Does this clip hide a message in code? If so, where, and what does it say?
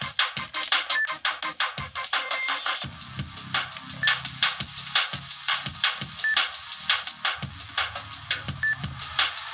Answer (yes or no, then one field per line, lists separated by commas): no